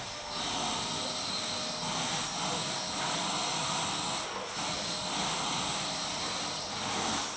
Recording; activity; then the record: daily activity, microphone in the room; vacuum cleaning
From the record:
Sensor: 3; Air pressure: 999.2 hPa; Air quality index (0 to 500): 203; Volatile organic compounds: 50 ppm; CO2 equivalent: 3301 ppm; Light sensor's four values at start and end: 7/17/7/6 and 7/17/7/6